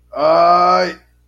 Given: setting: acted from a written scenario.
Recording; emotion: vocal sound without words; pain